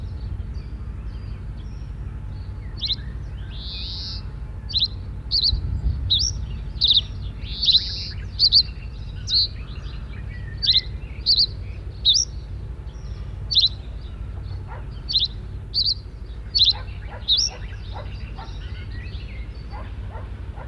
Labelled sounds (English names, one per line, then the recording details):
Reed Bunting song
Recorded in the wild
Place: Bad Kleinen, Mecklenburg-Vorpommern, DE
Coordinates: 53.771, 11.472
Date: 1972-06-15
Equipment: Nagra III BH, Sennheiser MD 21, parabola
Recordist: Schubert, Michael